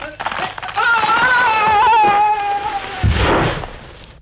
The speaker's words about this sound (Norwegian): som i et samtidig verdensrekordforsøk i karate, kom i skade for å slå av båndopptakeren. Han delte den med et slag.